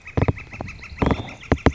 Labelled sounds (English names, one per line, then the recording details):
Northern Flicker
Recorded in Sonoma County, California